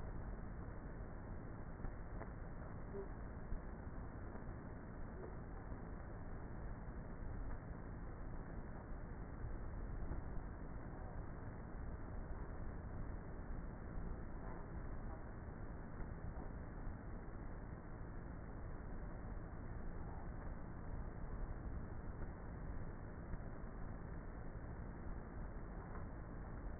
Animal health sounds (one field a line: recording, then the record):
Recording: honeybee colony, microphone inside the hive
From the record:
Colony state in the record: queenless with a low population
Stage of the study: before two queens were removed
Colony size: about 30,000 bees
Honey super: no